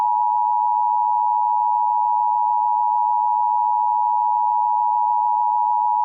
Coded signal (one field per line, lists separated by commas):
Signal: Emergency Alert System (SAME) tones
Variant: 853 and 960 Hz attention tone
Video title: RobotBoy: EAS Scenario (Retake) Part 2